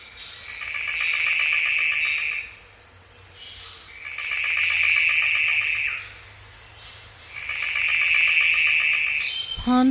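Golden bowerbird sounding three buzzy, insect-like rattles, each about two seconds long, spaced by short silences.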